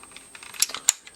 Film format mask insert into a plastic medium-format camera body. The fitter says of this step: then push at the top and it snaps right in